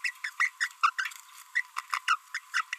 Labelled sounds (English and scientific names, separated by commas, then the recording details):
Green-rumped Parrotlet (Forpus passerinus) babbling
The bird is a female
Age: 28 days
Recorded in a nest box in Venezuela
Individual 17B42B2